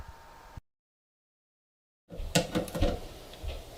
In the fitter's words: And that one snapped into place.